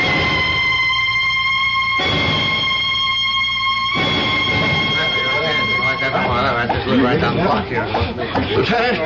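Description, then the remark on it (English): Sirens of police cars coming toward the scene blare as a loud, steady high-pitched tone that cuts off and restarts twice, then keeps sounding over a growing jumble of crowd voices. “Those police cars. They're coming here.”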